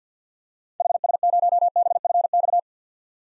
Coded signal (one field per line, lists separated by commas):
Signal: Morse code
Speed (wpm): 50 wpm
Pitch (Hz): 700 Hz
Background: none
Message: HS0BFX